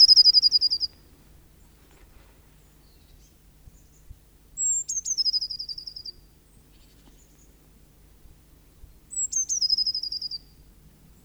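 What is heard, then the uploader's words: A blue tit sings high, bright phrases: one at the start, another around five seconds and a third near nine and a half seconds. Each begins with a thin note and breaks into a quick, descending trill. Between phrases there is only a faint low rumble. Cyanistes caeruleus (Linnaeus, 1758). Birdsong of the blue tit, from the Animal Sound Archive, provided by the Museum für Naturkunde Berlin, Tierstimmenarchiv.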